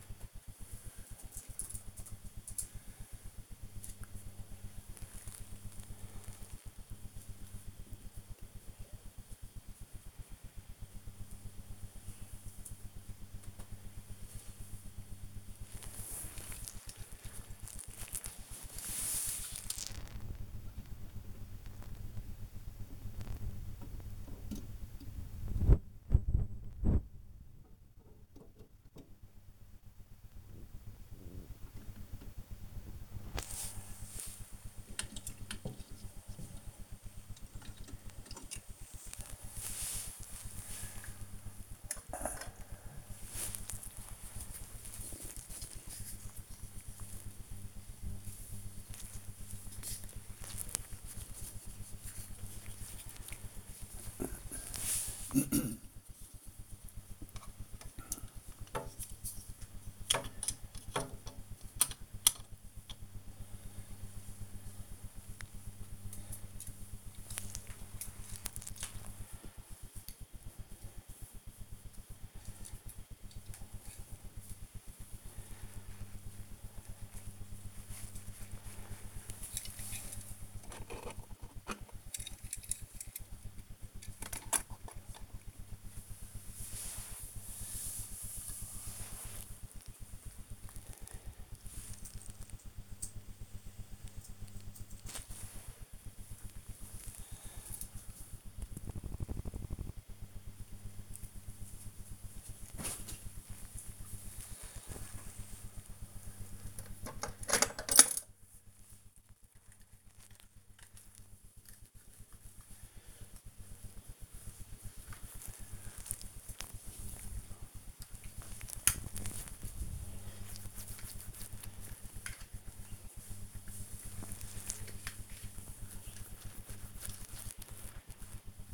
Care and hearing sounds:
household activities, microphone on the right wrist
12.86-90.34 s: dusting model cars
104.43-128.74 s: dusting model cars

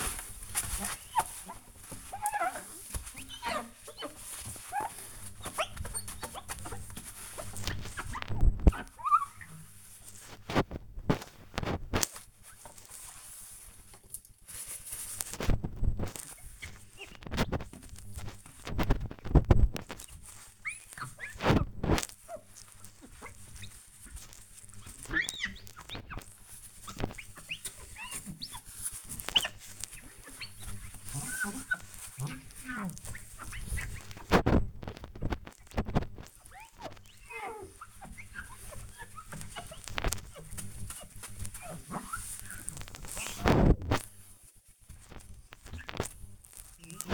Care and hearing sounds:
household activities, microphone on the right wrist
0.00-47.14 s: window cleaning

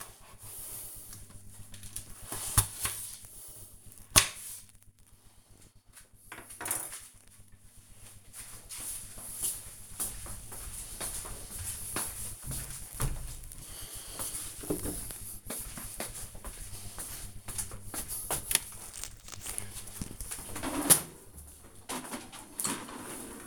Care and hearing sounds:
household activities, microphone on the right wrist
0.00-5.31 s: cutting vegetables

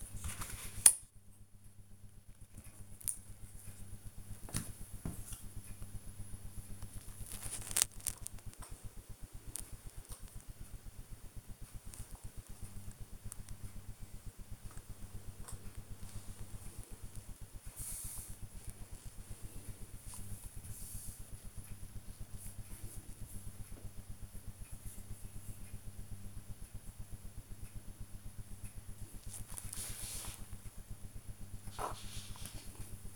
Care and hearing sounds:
household activities, microphone on the right wrist
0.00-33.16 s: doing a puzzle

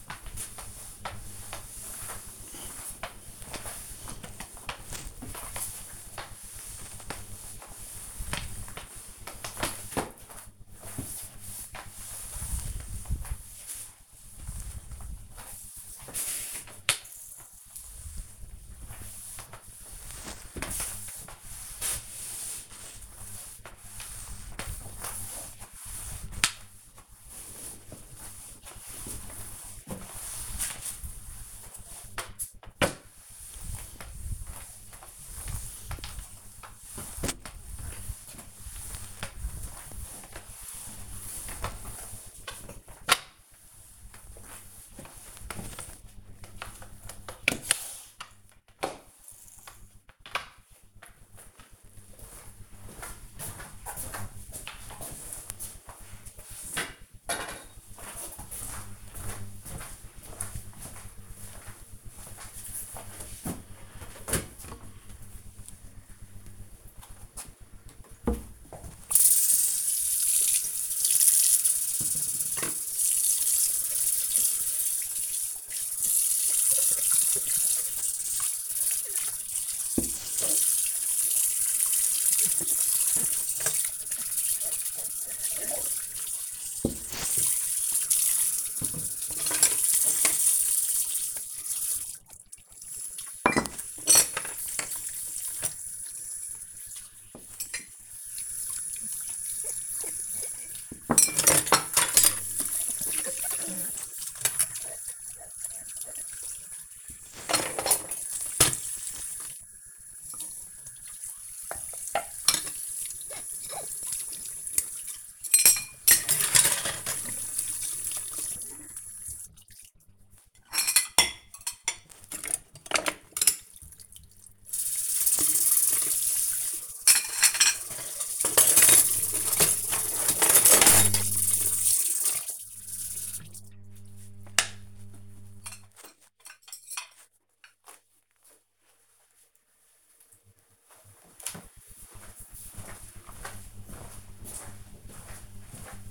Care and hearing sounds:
household activities, microphone on the right wrist
0.00-51.27 s: floor cleaning
67.35-135.72 s: washing dishes

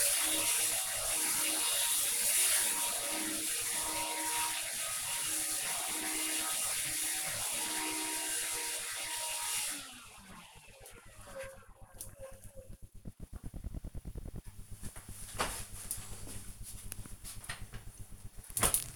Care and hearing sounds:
household activities, microphone on the right wrist
0.00-7.51 s: vacuum cleaning

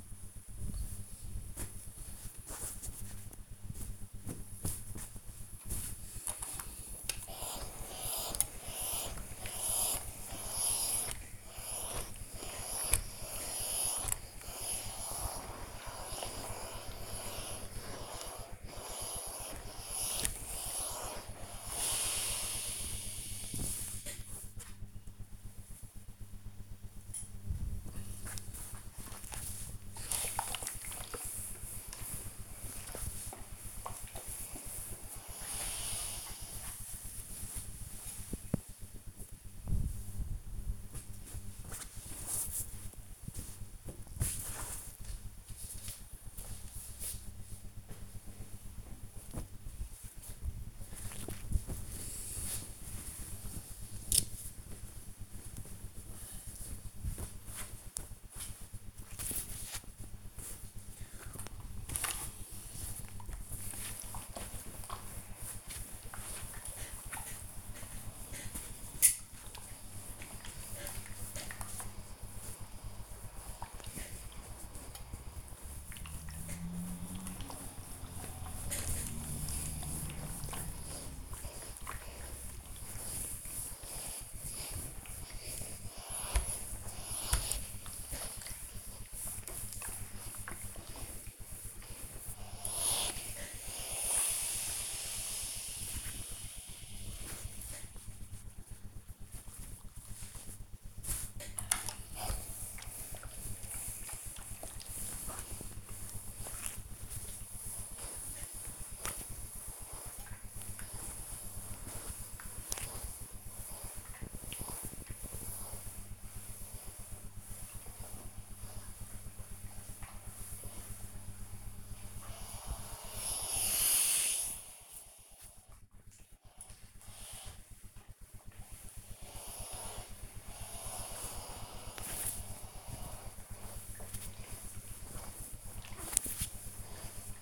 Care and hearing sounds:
household activities, microphone on the right wrist
0.00-48.66 s: ironing laundry
64.79-137.42 s: ironing laundry

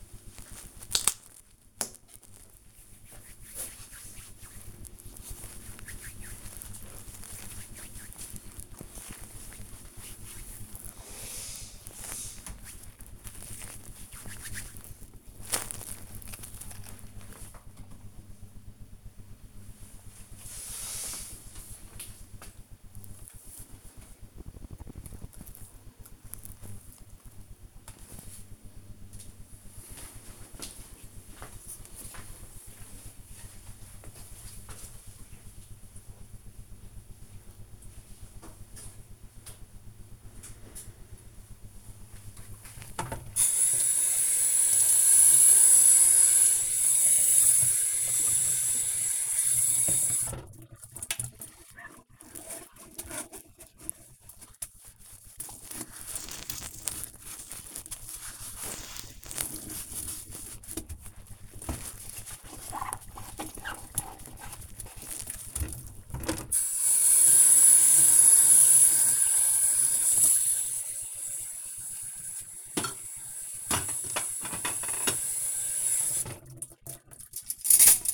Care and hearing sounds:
household activities, microphone on the right wrist
0.00-17.32 s: cream hands
41.50-78.14 s: washing dishes

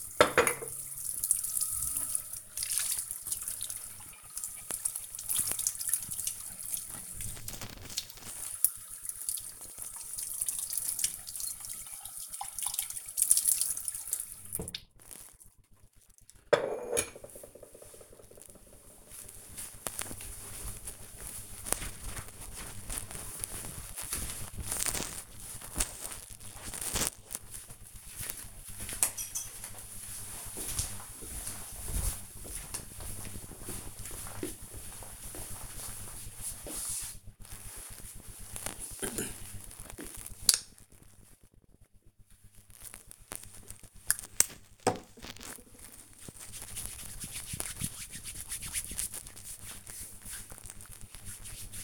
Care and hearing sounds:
household activities, microphone on the right wrist
0.00-15.34 s: washing dishes
37.46-51.84 s: disinfecting hands

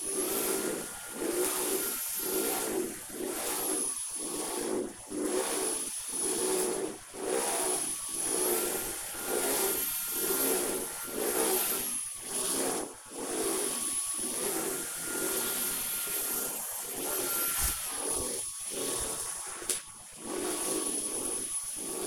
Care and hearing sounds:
household activities, microphone on the right wrist
0.00-22.07 s: vacuum cleaning

